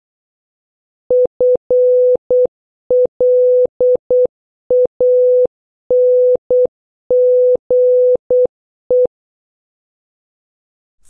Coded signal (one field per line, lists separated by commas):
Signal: Morse code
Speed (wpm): 8 wpm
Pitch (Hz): 500 Hz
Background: none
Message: FLANGE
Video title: 6. Practice Morse Code Words with Sound - A to N (Increasing speed) (Must Watch previous videos)